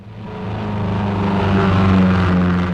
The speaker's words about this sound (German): Das war das Auto.